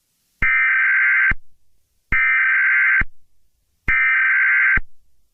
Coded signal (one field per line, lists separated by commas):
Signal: Emergency Alert System (SAME) tones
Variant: header bursts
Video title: Eas Scenario 022 - Invasion of the Multiverse